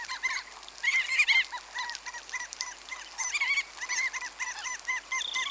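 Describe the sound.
Crab-plover calls from a flock, harsh barking notes with ringing overtones repeated rapidly and overlapping throughout, a busy chattering chorus.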